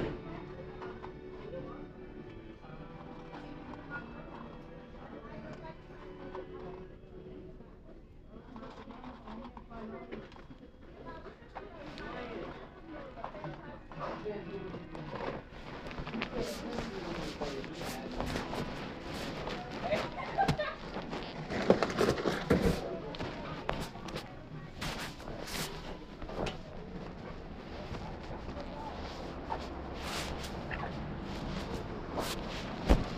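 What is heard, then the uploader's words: Inside a New York City McDonald's, a steady murmur of voices and chatter fills the clip. After about fifteen seconds it grows louder and busier, with frequent sharp clicks and clatters cutting through the talk, and one loud burst near twenty-two seconds. NYC sounds: McDonald's.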